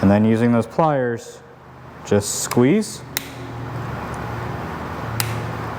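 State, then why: Seated. Someone talks while pliers squeeze a spring hose clamp and release it over the rubber vacuum tube on the MAP sensor of a Ducati Panigale motorcycle. A brief sharp snap at 5.2 s marks the clamp seating into place over the tube.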